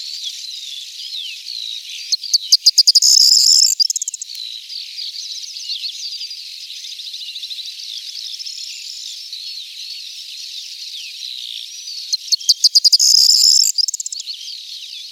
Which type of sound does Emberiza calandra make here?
song